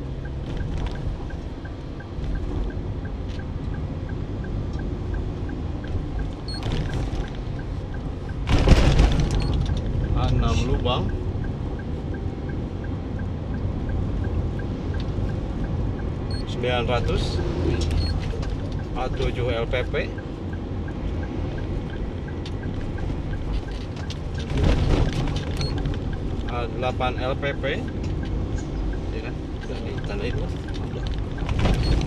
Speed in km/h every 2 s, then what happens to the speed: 32, 35, 36, 36, 37, 38, 40, 39, 39, 39, 38, 36, 35, 35, 34, 34.
0-12 speeds up to 40. 12-32 steady at about 36.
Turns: none.